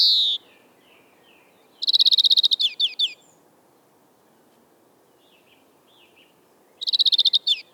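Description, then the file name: European greenfinch song: a falling note, then a rapid rattling trill with twittered tail notes, a gap, and the trill repeated about five seconds later. "Chloris chloris"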